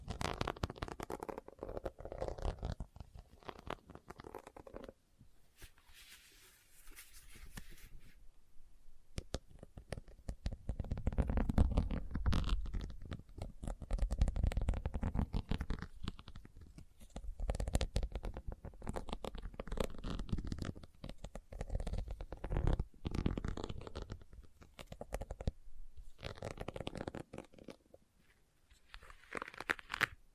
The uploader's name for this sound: Leather Tapping & Scratching Sounds